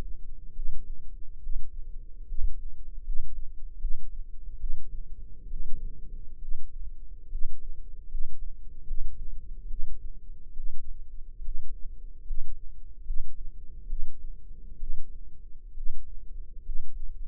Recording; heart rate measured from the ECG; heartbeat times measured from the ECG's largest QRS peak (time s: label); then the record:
heart sounds by microphone in the left ear; 72 bpm
0.52 s: heartbeat
1.39 s: heartbeat
2.24 s: heartbeat
3.02 s: heartbeat
3.77 s: heartbeat
4.56 s: heartbeat
5.47 s: heartbeat
6.38 s: heartbeat
7.27 s: heartbeat
8.07 s: heartbeat
8.84 s: heartbeat
9.66 s: heartbeat
10.52 s: heartbeat
11.41 s: heartbeat
12.22 s: heartbeat
13.02 s: heartbeat
13.86 s: heartbeat
14.76 s: heartbeat
15.73 s: heartbeat
16.61 s: heartbeat
17.22 s: heartbeat
From the record:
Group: healthy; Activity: rest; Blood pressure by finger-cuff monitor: 123/78 mmHg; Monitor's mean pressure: 91 mmHg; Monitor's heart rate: 72 bpm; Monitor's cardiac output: 6.1 L/min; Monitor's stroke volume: 85 mL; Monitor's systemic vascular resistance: 1100 dyn s/cm5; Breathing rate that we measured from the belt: 13 breaths a minute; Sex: female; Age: 22 years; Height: 171 cm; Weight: 65.6 kg